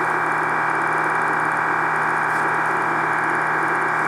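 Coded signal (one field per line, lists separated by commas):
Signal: MT63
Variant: MT63-2000L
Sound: steady dense rushing hiss of many tones, like band-limited static, unbroken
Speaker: that time message received all the fireworks popped up okay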